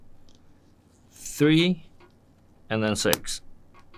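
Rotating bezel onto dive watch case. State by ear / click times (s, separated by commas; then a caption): not seated / none. A rotating bezel is handled over the case of a 42mm DIY Watch Club Diver dive watch while being pressed down around the case at 12, 3 and 6 o'clock, and someone talks twice over a quiet background with a few faint ticks. Nothing has seated or clicked yet; the bezel has not snapped on by the end of the clip.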